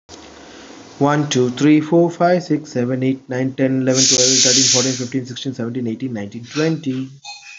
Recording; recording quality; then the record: counting at a fast pace; moderate, slight background noise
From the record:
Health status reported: healthy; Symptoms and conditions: none ticked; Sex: male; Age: 40 years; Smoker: not ticked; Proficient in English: yes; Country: India